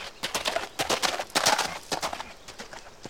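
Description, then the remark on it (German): Rapid, rhythmic clip-clop of the hooves of a horse being ridden at a steady trot, a series of sharp, bright knocks repeating evenly over about three seconds, with no voices. “Auf einem Pferd zu reiten.”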